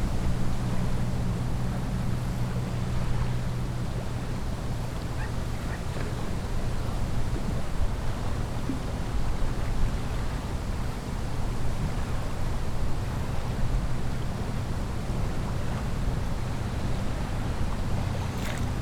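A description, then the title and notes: A steady, dense wash of lake water runs under a low, humming drone like a boat motor, holding level for the whole stretch with only slight swells. A few faint clicks and splashes surface now and then, with a brief bright tick near the end. A Calm Day At The Lake. Water and nature sounds.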